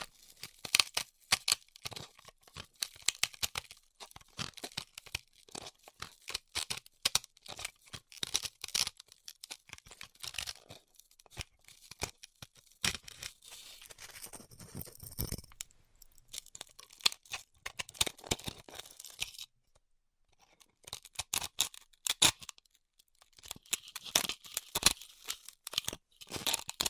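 Styrofoam being cut with a hot tool gives a dense, uneven run of sharp crackles and crinkly snaps that reach up bright and high. The crackling comes in irregular bursts, with brief quiet breaks near the sixteen- and twenty-second marks before resuming.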